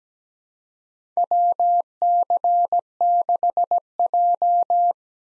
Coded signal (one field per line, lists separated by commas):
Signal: Morse code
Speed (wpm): 17 wpm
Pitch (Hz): 700 Hz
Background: none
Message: WC6J